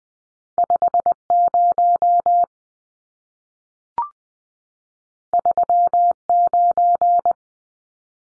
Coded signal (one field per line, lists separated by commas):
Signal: Morse code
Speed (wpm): 20 wpm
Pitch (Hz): 700 Hz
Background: none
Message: 50 39